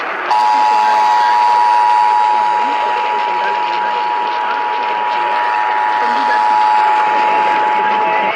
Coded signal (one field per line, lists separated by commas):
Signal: Emergency Alert System (SAME) tones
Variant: 853 and 960 Hz attention tone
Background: speech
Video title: ISSUED A E... Broadcast Radio EAS: Required Monthly Test (EAS #376-378)